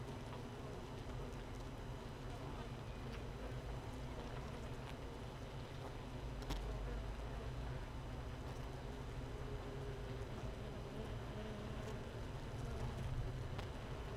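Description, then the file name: Honey bee colony hum, a deep unbroken drone holding steady throughout, with faint clicks and a few sharp ticks. Hive 1 with no queen, recorded 31 May 2018 at 15:30. "Hive 1 31 05 2018 NO Queen Bee H 1"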